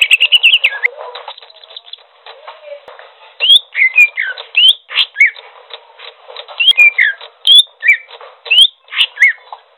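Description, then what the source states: Greater green leafbird song: loud, clear whistled notes, some rising and some falling, in bursts with softer twittering between. Local name cucak hijau; described as gacor, singing vigorously and continuously.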